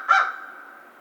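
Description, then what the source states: American crow giving a single harsh, hoarse caw that fades away. Recorded 2 March 2010.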